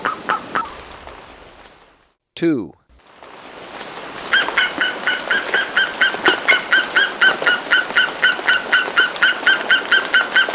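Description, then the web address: Andean guan in a rapid, even series of short, buzzy harmonic notes, starting midway after a few scattered calls and a brief sweeping sound. Ecuador. "Birds of Ecuador. Andean Guan"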